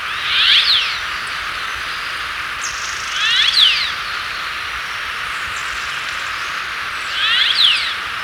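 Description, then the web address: Turquoise jay giving three harsh, raspy calls with falling overtones, about three to four seconds apart, over a steady hiss. Recorded in Ecuador. "S America Birds of Ecuador. Turquoise Jay"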